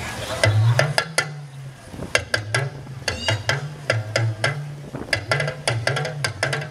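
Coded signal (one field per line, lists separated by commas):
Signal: talking drum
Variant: Yoruba talking drum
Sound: sharp drum strokes with a low booming pitch that bends up and down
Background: outdoor performance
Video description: This Nigerian dance and drum troupe introduced us to the talking drum.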